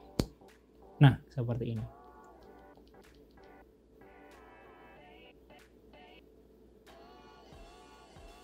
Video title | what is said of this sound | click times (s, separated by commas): Pemasangan Fast Connector Pada Kabel Fiber Optic - CITRAWEB TUTORIAL [ENG SUB] | it like this, until it clicks later | 0.2 s